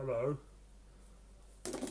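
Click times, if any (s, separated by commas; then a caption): 1.6 s. Someone talks briefly, then a plastic part, the filter or dust bin piece, is pushed home into the body of a Greenote GSC50 cordless stick vacuum after its bottom is fitted first. One sharp click sounds at 1.7 s, and the part is seated in place.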